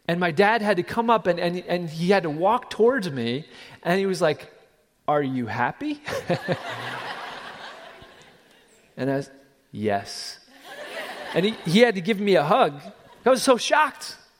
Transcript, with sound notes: and my dad had to come up and he had to walk towards me. He was like, “Are you happy?” (Laughter!) I answered with no emotion, “Yes.” He had to give me a hug. I was so shocked!